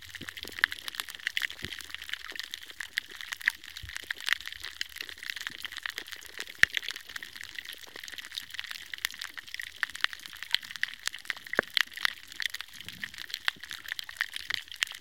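Underwater on a healthy coral reef, countless snapping shrimp make a dense, steady crackle like popcorn, with sharp clicks scattered evenly throughout the clip. The crackle is bright and hissy, and a faint low rumble sits underneath with an occasional deeper thump.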